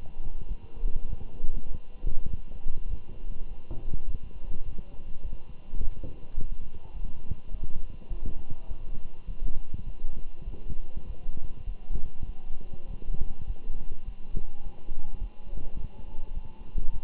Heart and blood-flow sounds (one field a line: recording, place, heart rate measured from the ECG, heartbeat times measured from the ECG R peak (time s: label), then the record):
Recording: heart sounds by stethoscope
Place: between the tricuspid and mitral areas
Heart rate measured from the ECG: 102 bpm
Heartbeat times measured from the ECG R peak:
0.49 s: heartbeat
1.08 s: heartbeat
1.67 s: heartbeat
2.28 s: heartbeat
2.89 s: heartbeat
3.49 s: heartbeat
4.08 s: heartbeat
4.66 s: heartbeat
5.23 s: heartbeat
5.80 s: heartbeat
6.36 s: heartbeat
6.93 s: heartbeat
7.51 s: heartbeat
8.09 s: heartbeat
8.68 s: heartbeat
9.27 s: heartbeat
9.86 s: heartbeat
10.45 s: heartbeat
11.06 s: heartbeat
11.66 s: heartbeat
12.26 s: heartbeat
12.87 s: heartbeat
13.47 s: heartbeat
14.05 s: heartbeat
14.63 s: heartbeat
15.20 s: heartbeat
15.77 s: heartbeat
16.34 s: heartbeat
16.93 s: heartbeat
From the record:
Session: walking at 3.7 km/h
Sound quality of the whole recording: good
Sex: male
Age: 24 years